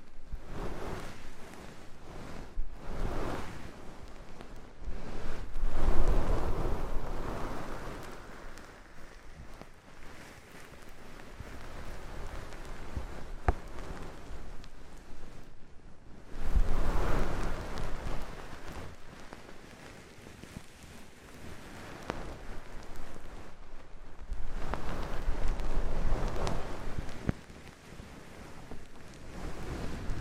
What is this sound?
Oil, Foam and Tingly Ear Massage